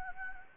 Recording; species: mosquito wingbeat signal from an infrared sensor; Anopheles gambiae